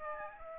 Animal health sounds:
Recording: mosquito wingbeat signal from an infrared sensor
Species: Aedes aegypti

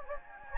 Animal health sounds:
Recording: mosquito wingbeat signal from an infrared sensor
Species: Anopheles gambiae

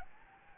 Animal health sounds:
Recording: mosquito wingbeat signal from an infrared sensor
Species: Anopheles gambiae

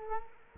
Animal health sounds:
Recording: mosquito wingbeat signal from an infrared sensor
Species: Culex quinquefasciatus

